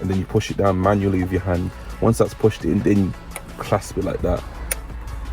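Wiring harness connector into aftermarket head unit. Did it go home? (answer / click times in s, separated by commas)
yes / 4.7 s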